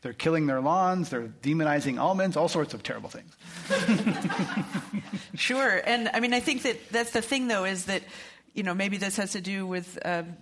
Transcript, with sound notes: They’re killing their lawns, their demonizing almonds, all sorts of terrible things.
[Laughs]
Sure, and I mean I think that’s the thing though is that, you know, maybe this has to do with